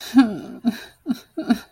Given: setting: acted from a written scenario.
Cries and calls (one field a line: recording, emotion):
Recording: vocal sound without words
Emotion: sadness